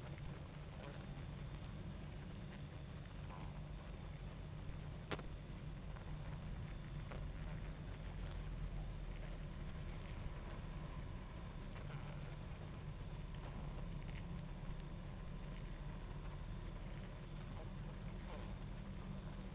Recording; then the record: honeybee colony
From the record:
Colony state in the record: active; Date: 28 July 2017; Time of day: 21:31